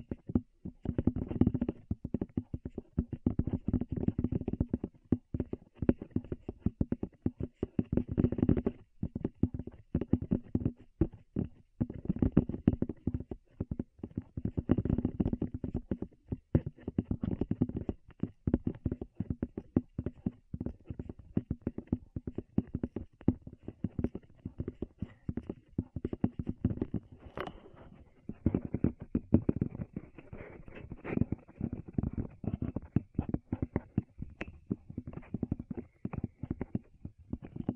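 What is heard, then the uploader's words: Ears are tapped in a fast, nearly constant stream of muffled, thumping pats that run the whole clip. The hits are dull and low, with no bright edge, and come in uneven bursts with brief gaps every few seconds, growing somewhat lighter near the end. ASMR Tap Your Ears 3Dio (No Talking).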